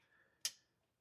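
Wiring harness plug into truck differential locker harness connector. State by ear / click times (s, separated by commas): seated / 0.4 s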